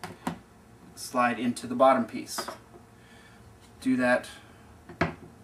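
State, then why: Seated. An acrylic side piece of a soap mold is pressed into the grooves of the acrylic bottom piece while someone talks, with a couple of short knocks near the start. A sharp snap at 5.0 s marks the side piece seating into the base.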